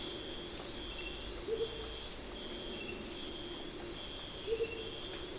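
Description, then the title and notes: Rufous Motmot calling: two low, soft doubled hoots about three seconds apart, over steady high insect buzzing. Calling at 4am at dawn in the Amazon rainforest, starting the dawn chorus. "Amazon basin - Dawn - Motmots And Howlers. It's 4am in the Amazon rainforest and the Rufous Motmots start calling"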